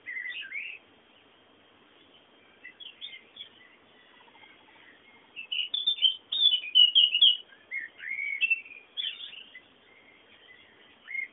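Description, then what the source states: Birds chirping sporadically, a short twitter at the start, quiet gaps, then a lively burst of high chirps and trills in the second half. Background bird sounds.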